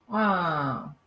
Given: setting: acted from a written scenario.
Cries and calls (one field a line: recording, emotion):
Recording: vocal sound without words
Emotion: embarrassment